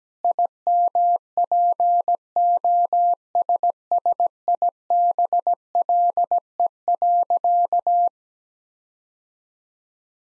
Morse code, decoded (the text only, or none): IMPOSSIBLE.